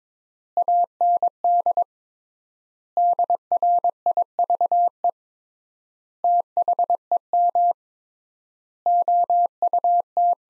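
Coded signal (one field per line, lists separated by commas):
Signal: Morse code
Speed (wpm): 22 wpm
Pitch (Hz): 700 Hz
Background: none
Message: AND DRIVE THEM OUT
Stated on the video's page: Morse sentences from the top 500 words at 22 wpm with 3x word spacing, a Farnsworth-like copying drill.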